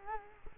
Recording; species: mosquito wingbeat signal from an infrared sensor; Culex quinquefasciatus